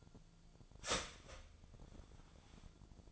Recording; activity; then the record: daily activity, microphone in the room; start toaster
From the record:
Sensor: 5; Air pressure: 1009.4 hPa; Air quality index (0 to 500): 168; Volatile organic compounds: 4 ppm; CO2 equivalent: 1623 ppm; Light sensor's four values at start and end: 86/229/93/97 and 87/231/94/98